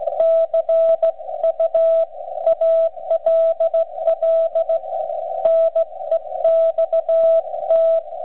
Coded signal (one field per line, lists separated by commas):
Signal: Morse code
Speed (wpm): 16 wpm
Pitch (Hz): 660 Hz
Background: radio noise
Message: CU ALL NEXT